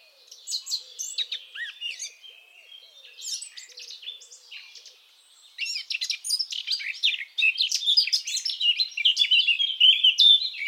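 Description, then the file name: Eurasian blackcap warbling, starting softly with scattered notes, then bursting into a loud, rapid, continuous run of mixed whistles and twitters. "Sylvia atricapilla"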